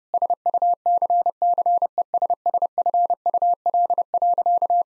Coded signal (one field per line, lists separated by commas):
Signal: Morse code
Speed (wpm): 30 wpm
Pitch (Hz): 700 Hz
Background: none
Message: SUCCESSFUL.